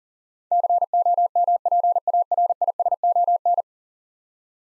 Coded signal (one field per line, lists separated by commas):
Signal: Morse code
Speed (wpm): 40 wpm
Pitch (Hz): 700 Hz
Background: none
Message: COMPARISON